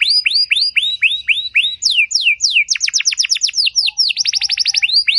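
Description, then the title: Canary song opening with evenly paced rising-falling whistles, then speeding into quick steep trills and a final fast rattle. Belgian canary song with elaborate phrases, played to warm up and stimulate other canaries so they answer with long continuous song. "Canto Para Esquentar Canário Belga. Suara Burung Kenari Lagu dan Cengkok Mewah Buat Kenari Lain Bakal Langsung Nyaut Gacor Panjang"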